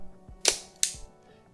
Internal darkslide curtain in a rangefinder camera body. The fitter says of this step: the actual sound of the curtain snapping back out of place so now you can go ahead and kick that shot